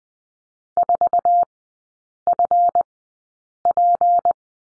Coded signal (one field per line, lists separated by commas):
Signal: Morse code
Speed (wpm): 20 wpm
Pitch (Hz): 700 Hz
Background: none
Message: 4FP